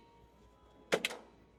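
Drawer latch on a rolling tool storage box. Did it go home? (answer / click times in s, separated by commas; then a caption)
yes / 0.9 s, 1.1 s. A small latch on a rolling tool storage box drawer is worked, giving two quick, sharp clicks at 0.9 s and 1.1 s against a quiet background. The latch is not soft, and the drawer locks in place so it stays shut during transport over rough terrain.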